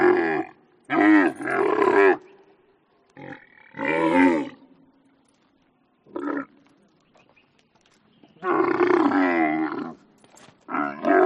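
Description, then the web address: Camel grunting calls, harsh rumbling bellows in several bursts of varying length, with a longer drawn-out groan near the end and silent gaps between. "animals camel camel"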